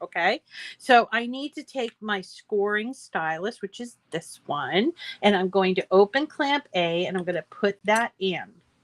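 Someone talks while handling a plastic scoring stylus, opening accessory clamp A on a craft cutting machine to put the stylus in. Only speech is heard. Nothing has seated or clicked yet, as the clip ends just before the stylus goes home in the clamp.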